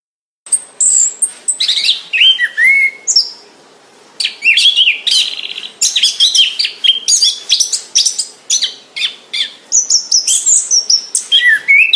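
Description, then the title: Orange-headed thrush song, a fast stream of varied sweet whistles, buzzy notes and sharp chips, mostly high-pitched, with a brief quieter pause near the fourth second. Singing vigorously, described as gacor. "Anis Kembang Gacor"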